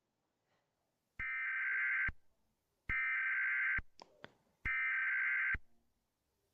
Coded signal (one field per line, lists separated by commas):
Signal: Emergency Alert System (SAME) tones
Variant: header bursts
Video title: Watching more EAS Scenarios